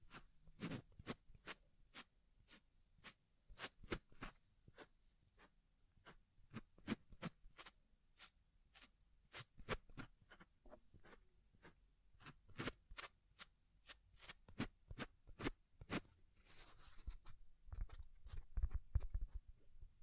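ASMR ear triggers: a steady run of crisp, sharp taps and clicks, a few each second at an uneven pace, with quiet gaps between them. Near the end a brief soft hiss sweeps in, then a low, fuzzy rumbling rubs under the final taps.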